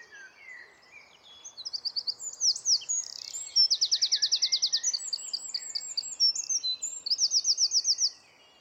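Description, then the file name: Eurasian wren song: a long, loud outpouring of shrill notes and quick warbles, broken by two rapid rattling trills, the last ending abruptly. "Troglodytes troglodytes"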